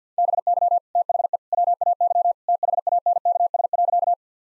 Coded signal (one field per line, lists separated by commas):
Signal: Morse code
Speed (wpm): 50 wpm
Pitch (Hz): 700 Hz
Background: none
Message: BY THE WAY THANKS.